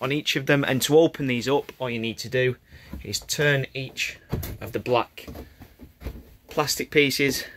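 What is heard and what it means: A window stay arm in the side window frame of a Burstner Lyseo I 744 motorhome is handled as the black plastic catches on the window are about to be turned. Someone talks throughout, and no sharp mechanical sounds stand out. Nothing has clicked into the holding position yet.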